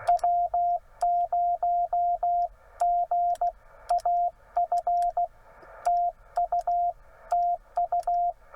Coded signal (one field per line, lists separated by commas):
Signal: Morse code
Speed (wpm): 16 wpm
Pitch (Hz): 690 Hz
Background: radio noise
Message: W0GAF TU TU